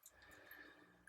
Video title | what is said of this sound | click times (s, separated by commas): Newbie fails miserably using the 1960s Gillette Slim! - PAA Cube 2 0 - Smile Through Tough Times | did you hear that little click nice sounding isn't it | 1.1 s